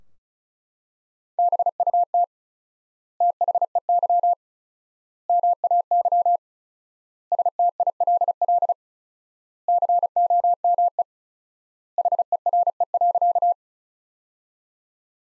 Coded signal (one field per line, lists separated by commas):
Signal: Morse code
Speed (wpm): 36 wpm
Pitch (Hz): 700 Hz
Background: none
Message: BUT THEY MAY STILL COME HERE.